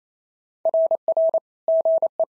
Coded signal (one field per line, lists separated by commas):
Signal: Morse code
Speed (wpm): 29 wpm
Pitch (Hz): 650 Hz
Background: none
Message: RR GE